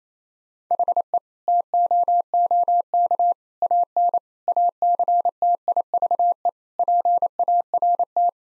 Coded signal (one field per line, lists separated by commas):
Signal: Morse code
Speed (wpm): 28 wpm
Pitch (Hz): 700 Hz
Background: none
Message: HE TOOK AN ACTIVE PART